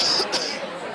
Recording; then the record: coughing mixed with background sound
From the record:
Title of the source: November cold (wet coughing)